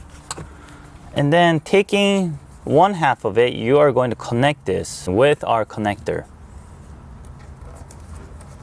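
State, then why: Seated. During a DVD and navigation controller and front camera install on a 2017-2018 Lexus LC500 / LC 500h, someone talks while one half of a plastic dummy connector is brought to the harness connector. The two dummy connector halves are then pressed together around the harness connector, giving faint snaps at 7.9 s and 8.4 s as they seat in place.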